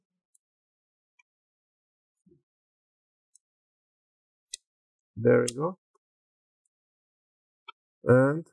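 Plastic snap clips on the bottom cover of an Asus ROG G513 (G513QE-HN030T) laptop release from the chassis with small clicks at 0.4, 1.2, 3.4 and 4.5 seconds as the cover is pried along the right side. Someone talks afterward, and the cover's clips pop open one after another.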